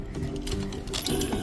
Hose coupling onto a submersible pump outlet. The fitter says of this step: 당기시게 되면은 체결이 됩니다.